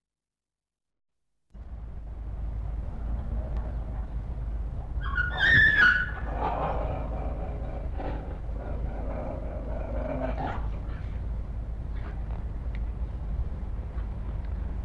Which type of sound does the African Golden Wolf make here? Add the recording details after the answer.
defence call. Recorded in captivity. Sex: pair. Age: adult. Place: Zoo Berlin, Berlin, DE. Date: 1960-12-26 15:00. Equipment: Minifon, Kopie Smaragd. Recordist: Tembrock, Günter. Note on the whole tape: Senegalschakal: Abwehrlaute der Fähe am Futter gegen Rüden; Winseln und Knurren. Abstand 5 m